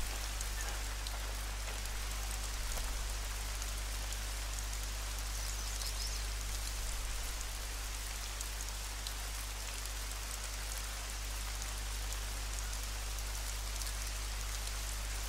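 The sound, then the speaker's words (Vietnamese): Steady rain falls without pause, a dense, even hiss of drops with faint scattered patters and a low constant hum underneath; no one speaks. “Tiếng mưa nha, nó sẽ làm giảm cái tiếng, nó sẽ làm giảm cái tiếng chân của tôi đi.”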